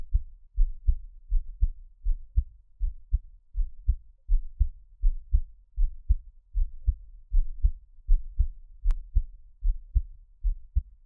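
Steady, low, muffled double thumps of an adult's heartbeat, about 79 beats a minute, with one brief click.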